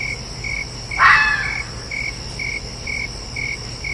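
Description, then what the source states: Red fox giving one loud, raspy shriek while crickets keep up a regular chirping. Calling at night.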